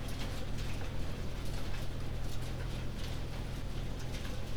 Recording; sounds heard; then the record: poultry house recording; no chicken sound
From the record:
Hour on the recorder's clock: 19